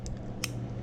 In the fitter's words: I put this thing in the half cock position. See how I can sit here and you hear that click, how smooth that sounds,